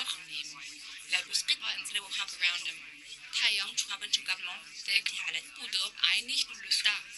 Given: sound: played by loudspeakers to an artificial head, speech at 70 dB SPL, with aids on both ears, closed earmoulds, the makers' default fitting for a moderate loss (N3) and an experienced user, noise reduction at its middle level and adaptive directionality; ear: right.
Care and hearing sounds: speech test signal (ISTS) in cocktail-party noise; +6 dB; in front (0 degrees)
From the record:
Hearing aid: class 2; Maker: H

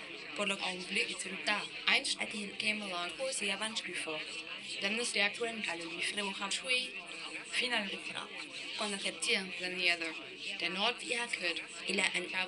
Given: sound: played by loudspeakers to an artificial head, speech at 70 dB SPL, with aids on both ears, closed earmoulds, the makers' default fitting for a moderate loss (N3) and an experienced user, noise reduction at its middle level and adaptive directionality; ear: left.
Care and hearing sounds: speech test signal (ISTS) in cocktail-party noise; +6 dB; in front (0 degrees)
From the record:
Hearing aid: class 2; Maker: C

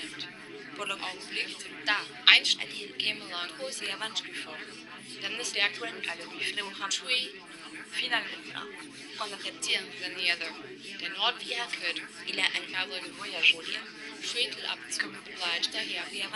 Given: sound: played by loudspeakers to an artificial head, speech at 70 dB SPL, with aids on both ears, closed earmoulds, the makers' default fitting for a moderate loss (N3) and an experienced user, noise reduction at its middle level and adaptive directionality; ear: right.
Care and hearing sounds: speech test signal (ISTS) in cocktail-party noise; -6 dB; in front (0 degrees)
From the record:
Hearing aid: class 2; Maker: B

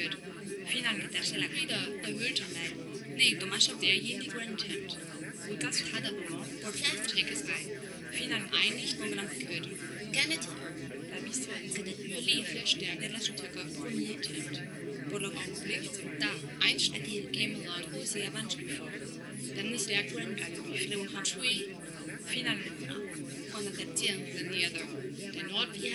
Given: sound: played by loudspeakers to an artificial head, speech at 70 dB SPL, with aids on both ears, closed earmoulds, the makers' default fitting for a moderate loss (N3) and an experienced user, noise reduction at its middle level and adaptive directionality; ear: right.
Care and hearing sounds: speech test signal (ISTS) in cocktail-party noise; -6 dB; in front (0 degrees)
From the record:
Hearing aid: class 2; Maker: J

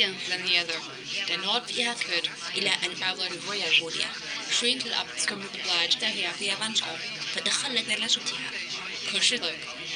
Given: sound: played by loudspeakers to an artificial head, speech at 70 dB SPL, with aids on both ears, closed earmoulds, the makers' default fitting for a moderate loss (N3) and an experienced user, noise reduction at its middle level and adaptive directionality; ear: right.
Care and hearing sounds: speech test signal (ISTS) in cocktail-party noise; +3 dB; in front (0 degrees)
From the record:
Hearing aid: class 2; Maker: A

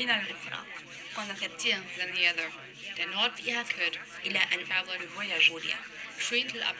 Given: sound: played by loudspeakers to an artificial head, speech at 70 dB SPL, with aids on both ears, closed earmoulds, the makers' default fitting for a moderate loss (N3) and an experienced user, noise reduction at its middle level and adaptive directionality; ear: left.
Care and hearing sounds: speech test signal (ISTS) in cocktail-party noise; +6 dB; in front (0 degrees)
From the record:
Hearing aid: class 2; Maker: G

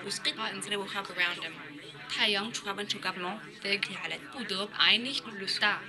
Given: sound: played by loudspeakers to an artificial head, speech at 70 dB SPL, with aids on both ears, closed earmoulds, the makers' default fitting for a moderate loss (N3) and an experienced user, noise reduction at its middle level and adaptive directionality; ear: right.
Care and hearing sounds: speech test signal (ISTS) in cocktail-party noise; +3 dB; on the right (90 degrees)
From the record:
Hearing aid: class 1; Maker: E

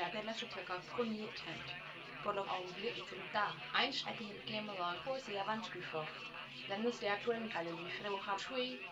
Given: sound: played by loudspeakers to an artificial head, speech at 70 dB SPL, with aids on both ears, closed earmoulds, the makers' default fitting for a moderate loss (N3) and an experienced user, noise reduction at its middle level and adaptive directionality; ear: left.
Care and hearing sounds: speech test signal (ISTS) in cocktail-party noise; +9 dB; on the right (90 degrees)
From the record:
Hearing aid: class 1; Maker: F

